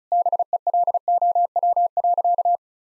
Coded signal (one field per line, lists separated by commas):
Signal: Morse code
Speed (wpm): 36 wpm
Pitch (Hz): 700 Hz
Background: none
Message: BELOW.